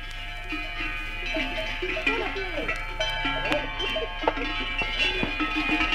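Many cowbells clank and ring in an irregular, overlapping jangle as a herd grazing on an alpine pasture (malga) moves about, with sustained metallic tones and occasional sharper knocks, and a few bleats mixed in.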